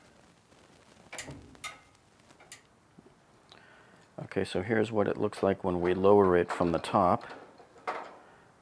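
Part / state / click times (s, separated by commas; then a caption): lid switch into top-loading washer cabinet top / seated / 7.9 s. A lid switch is lowered from the top into its mount in a top-loading washer's cabinet top a second time to show the fit, with a few light knocks early on while someone talks. The switch snaps into place with a sharp click at 7.9 s, seating it.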